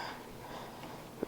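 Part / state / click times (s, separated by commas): cable plug into computer port / seated / 1.2 s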